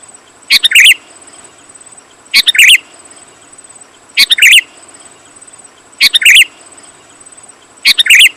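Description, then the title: Sooty-headed bulbul singing brief liquid, chirpy phrases at a steady pace, about every two seconds, over a constant faint high-pitched hum. "kutilang"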